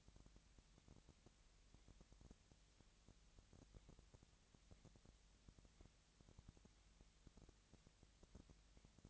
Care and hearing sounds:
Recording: daily activity, microphone in the room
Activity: no activity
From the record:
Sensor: 3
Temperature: 20.6 degrees Celsius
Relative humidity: 35.7%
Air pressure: 998.8 hPa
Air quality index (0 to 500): 236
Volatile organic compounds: 72 ppm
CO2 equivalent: 3536 ppm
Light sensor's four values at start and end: 2/3/2/2 and 2/3/2/2

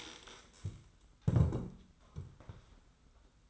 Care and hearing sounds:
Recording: daily activity, microphone in the room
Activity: stand up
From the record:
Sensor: 3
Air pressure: 990.5 hPa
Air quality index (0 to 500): 171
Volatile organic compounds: 1000 ppm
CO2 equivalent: 5553 ppm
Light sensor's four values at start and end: 41/96/39/38 and 41/96/39/38

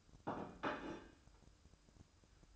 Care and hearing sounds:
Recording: daily activity, microphone in the room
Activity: place plate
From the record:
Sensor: 2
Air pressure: 1007.4 hPa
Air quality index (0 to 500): 41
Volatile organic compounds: 1 ppm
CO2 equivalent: 544 ppm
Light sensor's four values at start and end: 7/16/6/7 and 7/16/6/7

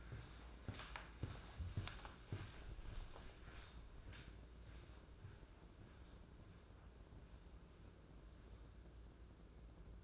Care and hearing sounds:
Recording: daily activity, microphone in the room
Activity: walk to room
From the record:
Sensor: 2

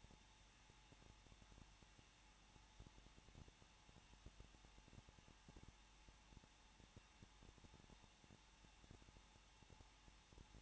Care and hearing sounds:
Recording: daily activity, microphone in the room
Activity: no activity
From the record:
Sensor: 1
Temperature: 20.1 degrees Celsius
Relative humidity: 39.2%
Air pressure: 1006.3 hPa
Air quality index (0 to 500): 218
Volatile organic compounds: 78 ppm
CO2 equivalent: 3589 ppm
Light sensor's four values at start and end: 1/2/1/1 and 1/2/1/1

